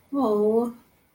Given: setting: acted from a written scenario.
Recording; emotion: vocal sound without words; sympathy